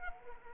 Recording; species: mosquito wingbeat signal from an infrared sensor; Anopheles arabiensis